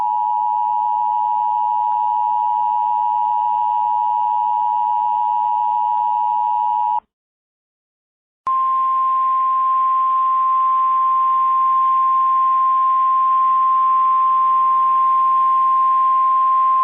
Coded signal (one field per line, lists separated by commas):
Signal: Emergency Alert System (SAME) tones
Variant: 853 and 960 Hz attention tone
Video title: Emergency Alert System TV - Cricket goes missing